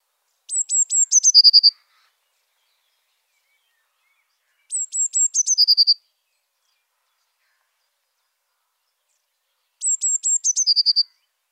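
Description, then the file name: Three phrases of Eurasian blue tit song, each a few high piercing notes then a fast lower trill, separated by a few seconds of silence. Saint-Michel-l'Observatoire. "MESANGE BLEUE SAINT MICHEL LOBSERVATOIRE"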